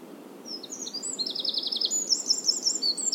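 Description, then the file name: Eurasian wren singing a loud, very high, rapid trill that starts with a few separate notes, then quickens into a steady rattling run of sharp notes. "Troglodytes troglodytes"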